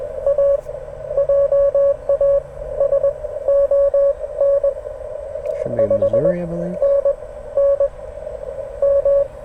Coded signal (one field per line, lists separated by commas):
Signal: Morse code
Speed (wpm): 19 wpm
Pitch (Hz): 560 Hz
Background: speech, radio noise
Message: A JA S ON 5 N N M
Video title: BUCEE SAVED MY POTA | CW AT US-3786 #hamradio #parksontheair